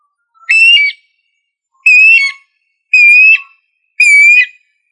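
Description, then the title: Bird song of four clear whistled phrases, each about half a second long, repeated about once a second against silence. "LuckyPassaro Completos2Sama"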